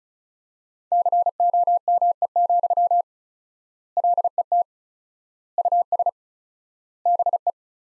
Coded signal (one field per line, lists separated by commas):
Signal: Morse code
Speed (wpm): 34 wpm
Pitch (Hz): 700 Hz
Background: none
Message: COME, LET US BE